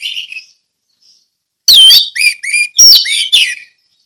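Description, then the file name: Orange-headed thrush song: a soft brief phrase, then loud sweeping whistled notes sliding up and down in quick succession. Ngeplong song style. "anis merah ngeplong"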